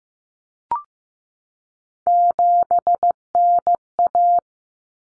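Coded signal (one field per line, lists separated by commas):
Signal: Morse code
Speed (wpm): 15 wpm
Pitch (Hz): 700 Hz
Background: none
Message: 7NA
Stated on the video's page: Morse practice of three-digit cut numbers at 15 wpm, each sent twice.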